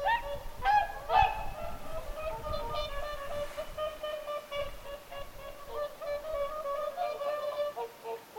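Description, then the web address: Whooper swans calling, many overlapping bugling honks with rich harmonics, a chorus of a flock with low rumbling background noise. Whooper swans vocalizing at Lintulahti, 6 November 2025. "paivat 6 11 2025 laulujoutsenten aantelya lintulahdella"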